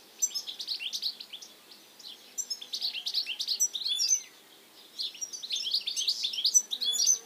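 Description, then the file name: European goldfinch twittering: quick, tinkling, liquid chirps run in dense bursts for about four seconds, pause briefly, then resume just as busily. "Carduelis carduelis"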